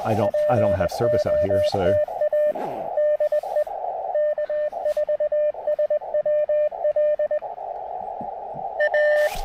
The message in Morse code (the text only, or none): POTA DE K4SWL A